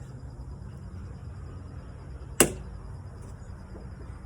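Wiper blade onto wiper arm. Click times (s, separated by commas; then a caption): 2.4 s. A new Rain-X Expert Fit rear wiper blade for a GMC Yukon is pushed onto the wiper arm until its plastic connector snaps in. A single sharp click is heard at 2.4 s over a low steady background hum. The blade is seated on the arm.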